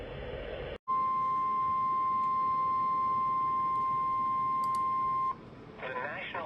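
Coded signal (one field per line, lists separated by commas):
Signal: Emergency Alert System (SAME) tones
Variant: 1050 Hz attention tone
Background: speech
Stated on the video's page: Alerts received from NOAA weather radio station KEC94 during monsoon season.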